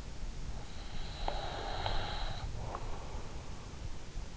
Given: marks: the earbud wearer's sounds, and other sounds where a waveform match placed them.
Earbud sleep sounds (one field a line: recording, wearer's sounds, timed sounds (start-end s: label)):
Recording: sounds in sleep by an in-ear microphone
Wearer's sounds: breath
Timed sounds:
0.71-3.06 s: breath